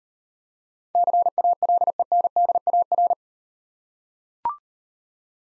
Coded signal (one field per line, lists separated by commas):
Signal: Morse code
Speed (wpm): 37 wpm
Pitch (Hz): 700 Hz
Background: none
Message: CALENDAR